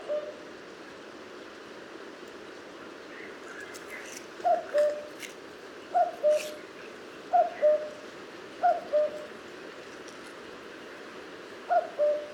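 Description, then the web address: Common cuckoo repeating its low two-note cu-coo, a single call at the start, then five more after a pause, with faint clicks and hiss behind. "Cuco común"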